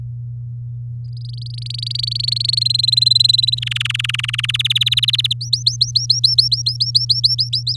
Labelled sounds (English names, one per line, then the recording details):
Domestic Canary song
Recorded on 8 May 2018 at 14:20
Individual llb16